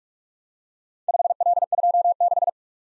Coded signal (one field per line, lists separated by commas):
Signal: Morse code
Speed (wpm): 48 wpm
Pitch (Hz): 700 Hz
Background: none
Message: 5L26